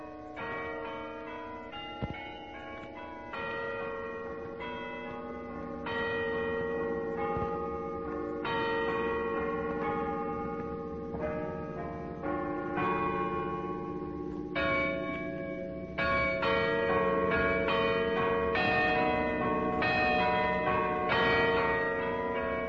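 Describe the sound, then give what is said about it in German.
The carillon high in the tower of the old Garrison Church in Potsdam, Germany, on Christmas Eve 1940, plays a slow, stately melody, its bright bell tones ringing and overlapping at a steady, moderate loudness, with no voices. “Das Glockenspiel hoch am Turm der alten Garnisonkirche.”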